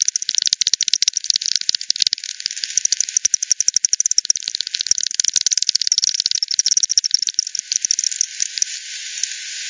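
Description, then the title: Bat echolocation pulses made audible, a dense run of rapid ticking clicks that bunch and overlap. Multiple bats by the Hogsmill River at Hogsmill Lane, 7 October 2020 at 18:10; frequency-division bat detector recording (divide by 10), bandpass filtered and resampled. "WW bat 20201007 T 18 : 10 Z-Hogsmill-Lane-Hogsmill-River-multiple-bats"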